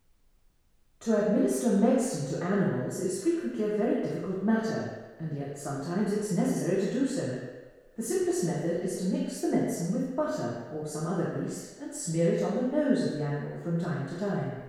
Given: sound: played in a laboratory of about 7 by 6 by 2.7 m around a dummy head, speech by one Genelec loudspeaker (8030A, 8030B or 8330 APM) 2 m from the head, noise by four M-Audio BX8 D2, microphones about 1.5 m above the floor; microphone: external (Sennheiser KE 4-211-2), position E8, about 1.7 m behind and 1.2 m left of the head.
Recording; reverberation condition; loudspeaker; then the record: female speech in English; high; behind (180 degrees)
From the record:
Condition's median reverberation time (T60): about 1300 ms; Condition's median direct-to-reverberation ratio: about -4.0 dB